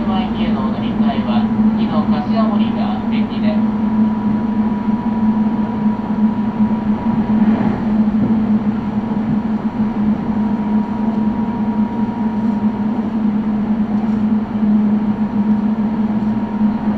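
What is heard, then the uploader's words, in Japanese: A ride aboard a local train, with a loud, constant low drone and a thin steady whine running throughout. During the first few seconds, scratchy high squeals and rattles flicker over the hum, and a brief rushing swell passes near the middle. 名古屋鉄道犬山・広見線 江南→布袋→新可児。犬山線は準急となっているもののすでに各駅停車区間に入っているので、終点まで全部停まります。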